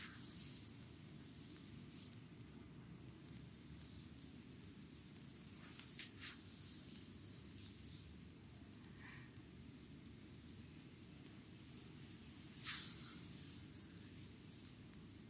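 A back and shoulder massage on a chair, heard as a steady, dense low rumble of rubbing and pressure that runs the whole time. Brief brighter swishes of brushing skin or fabric come through near 6, 9 and 13 seconds.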